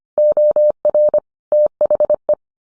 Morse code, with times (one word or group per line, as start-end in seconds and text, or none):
0.2-1.2 OR
1.5-2.3 THE